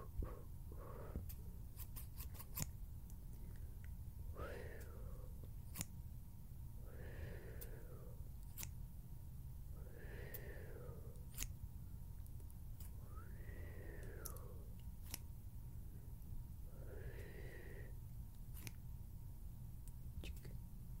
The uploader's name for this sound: HAND SOUNDS, FINGER FLUTTERING, SCISSORS SOUNDS